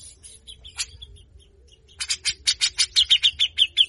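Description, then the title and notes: Grey-cheeked bulbul harsh chatter: a few softer notes and a pause, then a run of about a dozen rasping, buzzy notes repeated quickly. Long-duration training recording for songbird keepers, featuring a lively bird giving full, harsh 'besetan' chatter, locally called 'besetan kasar'. "MASTERAN CUCAK JENGGOT GACOR FULL BESETAN KASAR DURASI PANJANG !!!. Jenggot Bahan Cepat Gacor hanya Dengar Besetanya. Burung cucak jenggot"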